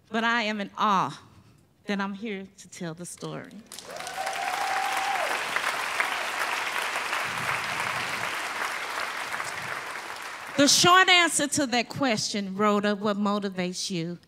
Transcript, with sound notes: But I am in awe that I’m here to tell the story. [applause] The short answer to that question, Rhoda, what motivates you?